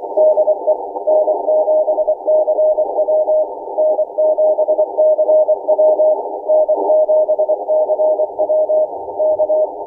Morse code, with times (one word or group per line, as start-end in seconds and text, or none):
0.2-0.7 DE
1.1-3.4 N7CW
3.8-6.1 N7CW
6.5-8.8 N7CW
9.2-9.6 K